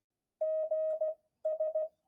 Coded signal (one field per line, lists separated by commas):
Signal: Morse code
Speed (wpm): 16 wpm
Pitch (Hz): 630 Hz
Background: none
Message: GS